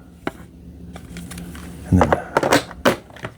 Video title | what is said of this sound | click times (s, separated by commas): Cleaning Your Eufy Omni S2 Robot Vacuum: Brushes, Filters & More (Full Tutorial)! | Here's the new filter. It should snap into place. | 0.3 s